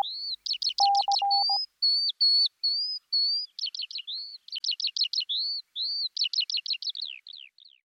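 Skylark song, a rapid warble of high trilled notes and slurred whistles, with a brief burst of electronic beeps early on.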